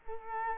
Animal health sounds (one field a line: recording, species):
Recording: mosquito wingbeat signal from an infrared sensor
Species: Culex quinquefasciatus